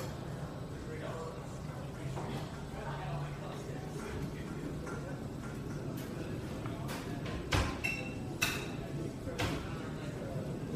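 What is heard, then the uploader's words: Coffeehouse ambience with a steady murmur of overlapping voices over a low rumble. From about seven seconds on, sharp clinks and clatters of dishes break through, the loudest near eight and a half seconds, with a few lighter knocks earlier. Ambient coffeehouse sounds. No music, just coffeeshop sounds. All Raw and mixed audio recorded on: Focusrite Scarlett CM25, Focusrite Scarlett 2i2 Audio interface.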